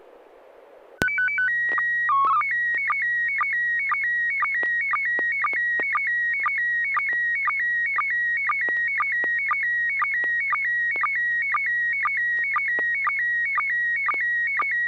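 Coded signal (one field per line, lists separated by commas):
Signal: SSTV (slow-scan television)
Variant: PD 120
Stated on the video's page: SSTV net on a 441.300 MHz FM repeater, with images sent using MMSSTV software.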